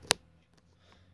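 A micro-USB cable plug, unplugged from a phone, is pushed back into the phone's charging port. It gives one sharp, bright snap at 0.1 s, followed by a couple of much fainter ticks. The plug pops in and seats.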